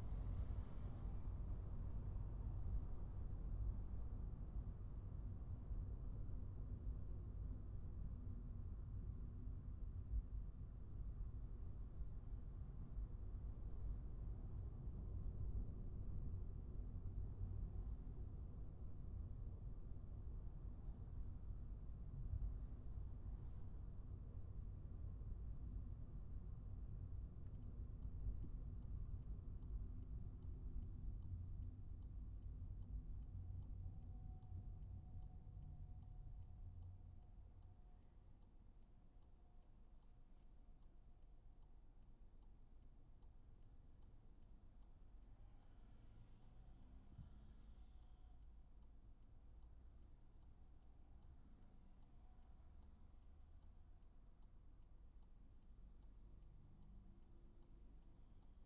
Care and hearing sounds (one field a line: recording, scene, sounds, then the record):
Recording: everyday scene through a hearing-aid microphone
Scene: in a vehicle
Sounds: engine, traffic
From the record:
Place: Skoda Fabia, gasoline engine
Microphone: behind the ear, right, front